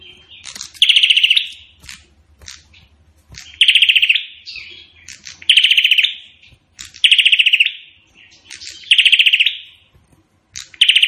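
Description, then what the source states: Prinia delivering a run of loud pulsed trills, about six phrases, each with a sharp click before it and a buzzy trailing note, faint low hum. Singing actively; song likened to gunfire.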